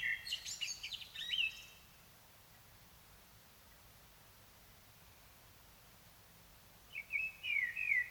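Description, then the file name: Common blackbird singing; a burst of squeaky high notes, a long silent gap, then another soft fluted warble begins. "Turdus merula"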